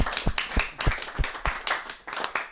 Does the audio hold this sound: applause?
yes